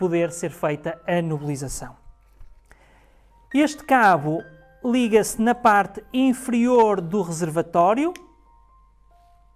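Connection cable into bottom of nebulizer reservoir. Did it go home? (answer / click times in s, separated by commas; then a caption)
no / none. The connection cable of an eFlow rapid electronic nebulizer system is handled near the underside of the nebulizer reservoir where it plugs in. Someone talks throughout, with only two faint, brief taps around 2.7 s in a quiet gap. Nothing has seated or clicked yet.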